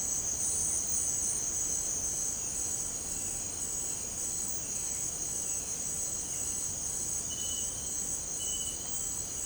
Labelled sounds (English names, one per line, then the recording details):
none
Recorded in dense forest near Puerto Asís, Putumayo, Colombia, on 24 March 2025 at 17:30
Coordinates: 0.481, -76.323
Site G088